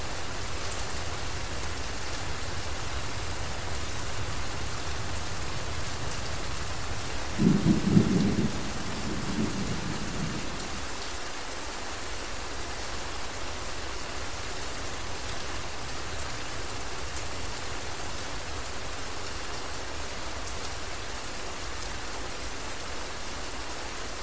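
Steady rain hisses evenly throughout, dense and unbroken. Around seven to ten seconds a low rumble of thunder swells briefly, then fades, leaving the rain alone with a faint low background murmur.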